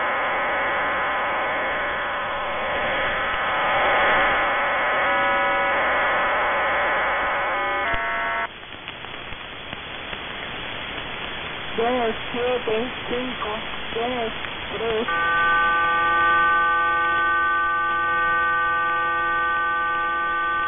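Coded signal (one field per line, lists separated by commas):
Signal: numbers station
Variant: HM01, hybrid voice and RDFT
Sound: chord of steady data tones, hissy gap, short warbling voice-like bursts, then tones again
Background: radio static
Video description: Cuban numbers station HM01 hybrid voice and RDFT mode.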